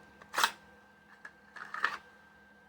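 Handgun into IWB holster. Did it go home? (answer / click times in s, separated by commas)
no / none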